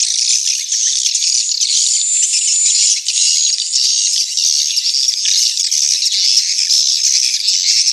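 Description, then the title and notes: Swiftlet calls form an unbroken wash of high, hissy twittering and chirps, steady in loudness, with faint whistled strands weaving through the chorus. Swiftlet house lure sound from the AKAU brand, Tien Giang, Vietnam. "Am thanh nha yen Akau Vietnam - Tien giang. Những âm thanh chim yến thuộc thương hiệu AKAU"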